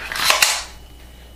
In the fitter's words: you know and you you'll hear a positive click sound and what you have to do is press this button